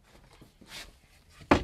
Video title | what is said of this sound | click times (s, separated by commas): Fendt Bianco Activ 465 SGe modeljaar 2024 caravan | op deze manier is het allemaal weer snel opgeborgen en vergrendeld | 1.5 s